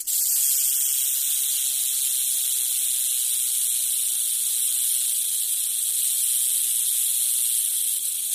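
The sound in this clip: Rattlesnake rattling in one continuous, high, dry buzz that stays steady throughout.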